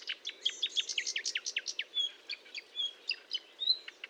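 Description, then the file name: Marsh warbler song, a rapid chattering sequence of varied sharp notes and short whistles, tumbling along without pause. Recorded at Fontaine-Française, Fourneau, on 1 June 2022 at 10:55, using Nagra and Telinga equipment. "Rousserolle verderolle 20220601 1055 Fontaine-Francaise-Fourneau-Nagra-Telinga"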